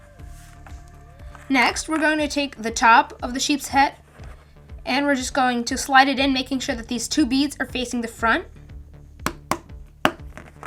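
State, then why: Seated. A fused plastic bead panel for the top of a sheep's head is slid into a slotted bead body, with two beads facing the front, while someone talks over background music. Loud sharp hits follow, and the panel clicks into place at 10.1 s, seated with a good fit.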